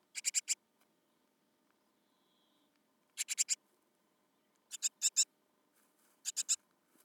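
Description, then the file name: Great tit calls: short bursts of three or four harsh, rasping notes, repeated several times with a quiet background between. "Parus major"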